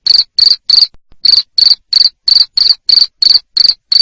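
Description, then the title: Cricket chirping loudly in rapid trilled bursts, about three per second, the rhythm broken once by a short gap. Loud cricket chirping played to stimulate lovebirds into continuous ngekek singing. "Suara JANGKRIK NGERIK Keras Bikin LOVEBIRD Jadi NGEKEK Terus Vubey"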